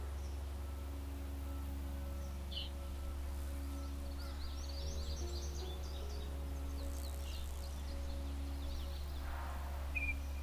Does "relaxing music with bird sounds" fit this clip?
yes